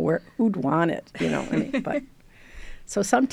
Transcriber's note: laughter